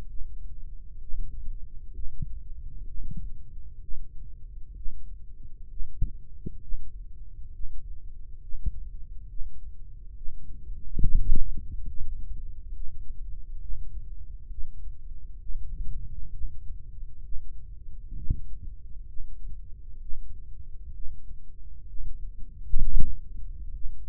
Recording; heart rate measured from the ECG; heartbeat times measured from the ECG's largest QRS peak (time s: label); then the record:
heart sounds by microphone in the right ear; 66 bpm
0.09 s: heartbeat
1.02 s: heartbeat
1.95 s: heartbeat
2.88 s: heartbeat
3.82 s: heartbeat
4.76 s: heartbeat
5.69 s: heartbeat
6.62 s: heartbeat
7.52 s: heartbeat
8.41 s: heartbeat
9.29 s: heartbeat
10.16 s: heartbeat
11.02 s: heartbeat
11.88 s: heartbeat
12.74 s: heartbeat
13.61 s: heartbeat
14.50 s: heartbeat
15.41 s: heartbeat
16.33 s: heartbeat
17.24 s: heartbeat
18.16 s: heartbeat
19.08 s: heartbeat
20.01 s: heartbeat
20.94 s: heartbeat
21.88 s: heartbeat
22.81 s: heartbeat
23.73 s: heartbeat
From the record:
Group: healthy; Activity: Valsalva maneuver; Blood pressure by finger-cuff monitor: 112/83 mmHg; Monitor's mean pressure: 93 mmHg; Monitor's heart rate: 65 bpm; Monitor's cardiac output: 3 L/min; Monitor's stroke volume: 47 mL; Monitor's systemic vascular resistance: 2250 dyn s/cm5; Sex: male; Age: 55 years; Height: 167 cm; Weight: 57.2 kg